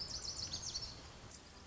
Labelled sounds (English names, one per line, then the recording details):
Lazuli Bunting
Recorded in Sonoma County, California